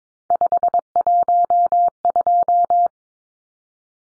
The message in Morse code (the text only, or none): 512